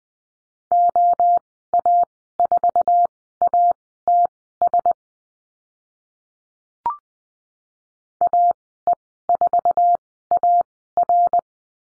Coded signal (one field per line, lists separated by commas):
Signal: Morse code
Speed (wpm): 20 wpm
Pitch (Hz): 700 Hz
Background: none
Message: OA4ATS AE4AR